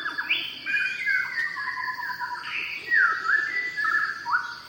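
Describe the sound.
Shama singing a continuous run of clear whistles and slurred notes, with sharp upward and downward sweeps, over a constant high-pitched insect hum.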